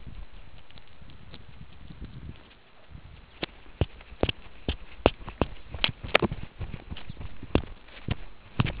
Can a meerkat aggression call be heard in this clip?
no